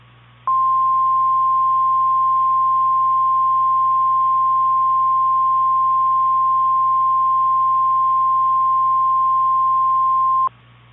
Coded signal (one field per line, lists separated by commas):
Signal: Emergency Alert System (SAME) tones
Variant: 1050 Hz attention tone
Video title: EAS Scenario #17 - If FFC issued Child Abduction Emergencies